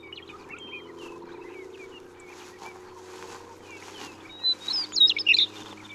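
Western meadowlark song, a short gurgling whistled phrase near the end, following a stretch of busy background bird chatter and noise.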